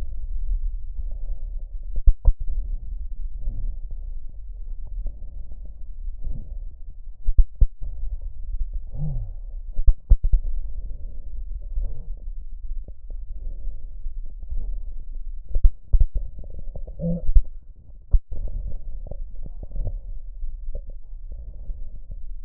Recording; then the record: lung sounds by stethoscope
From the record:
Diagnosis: emphysema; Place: left posterior upper chest